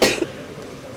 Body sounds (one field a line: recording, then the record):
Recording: coughing mixed with background sound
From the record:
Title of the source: 61 morning phlegmy cough...again